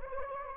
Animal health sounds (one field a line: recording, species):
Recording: mosquito wingbeat signal from an infrared sensor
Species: Anopheles gambiae